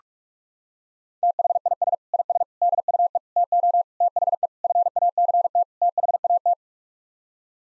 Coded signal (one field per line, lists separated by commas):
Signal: Morse code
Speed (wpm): 46 wpm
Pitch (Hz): 700 Hz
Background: none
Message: THIS IS DUE TO THE FACT THAT